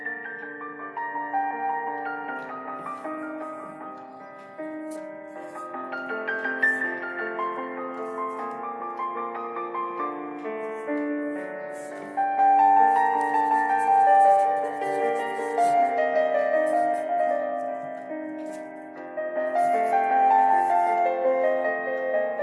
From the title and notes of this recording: Dark academia Study with me in the evening. Pencil ASMR, ticking of the clock and some dark academia music.